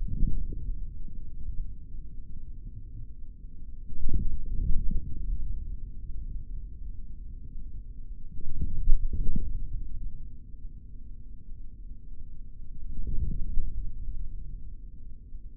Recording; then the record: forearm muscle sounds (acoustic myography)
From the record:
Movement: forearm pronation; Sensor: system 3, bracelet of six PUI Audio POM-2738L microphones around the upper forearm, with dedicated amplification and filtering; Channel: 3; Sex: male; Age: 23 years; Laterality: right